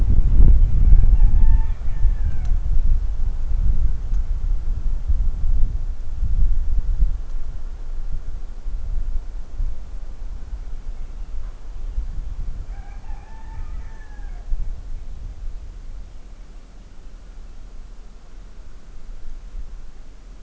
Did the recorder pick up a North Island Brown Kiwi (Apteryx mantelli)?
no